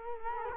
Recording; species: mosquito wingbeat signal from an infrared sensor; Culex quinquefasciatus